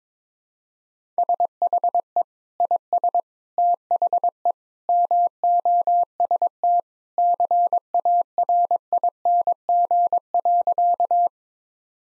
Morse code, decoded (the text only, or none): SHE IS THE MOST CARING.